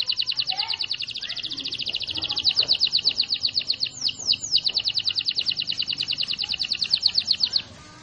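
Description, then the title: Canary song: a fast even roll of repeated notes with a couple of sweeping slurs midway, ending abruptly near the close. Long roll song, used for training birds. "Master Burung Jos"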